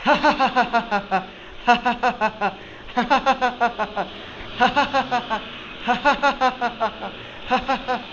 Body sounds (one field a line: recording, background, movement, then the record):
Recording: laughter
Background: traffic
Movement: sitting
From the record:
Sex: male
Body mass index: 20.6 kg/m2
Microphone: on the chest, facing the body